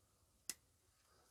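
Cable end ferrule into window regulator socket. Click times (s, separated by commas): 0.5 s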